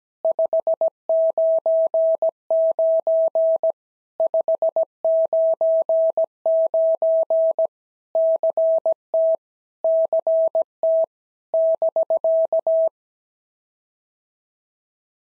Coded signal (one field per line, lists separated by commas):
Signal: Morse code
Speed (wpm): 17 wpm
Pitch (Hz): 650 Hz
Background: none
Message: 599 599 CT CT <BK>